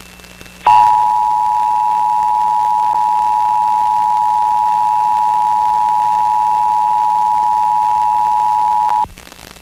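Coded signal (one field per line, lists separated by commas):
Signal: Emergency Alert System (SAME) tones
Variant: 853 and 960 Hz attention tone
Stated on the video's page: Pennsylvania Required Monthly Test relayed by FM radio stations and a TV subchannel, sent about ten minutes late.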